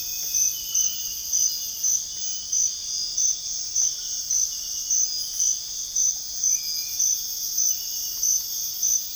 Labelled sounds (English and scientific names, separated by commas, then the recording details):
none
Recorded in dense forest near Puerto Asís, Putumayo, Colombia, on 4 March 2025 at 05:30
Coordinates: 0.484, -76.325
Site G045